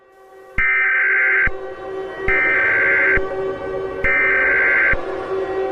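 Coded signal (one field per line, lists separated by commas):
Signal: Emergency Alert System (SAME) tones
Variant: header bursts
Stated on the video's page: Fictional EAS scenario, a simulated alert, not real.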